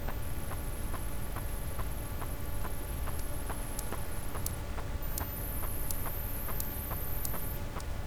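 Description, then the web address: Sperm whale clicks: sharp, regular ticks over a steady deep underwater rumble, with a thin high whine in the background. "Physeter Macrocephalus cachalot"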